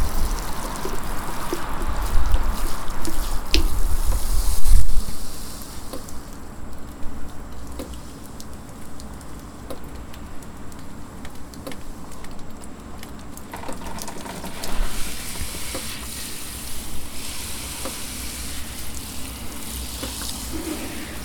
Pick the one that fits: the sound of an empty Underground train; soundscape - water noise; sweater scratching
soundscape - water noise